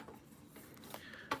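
A plastic toy sword slides loosely into an action figure's hand with faint scraping and small ticks, then a sharp click at 1.3 s as it seats at a small notch. It friction-fits into place so it won't slide out.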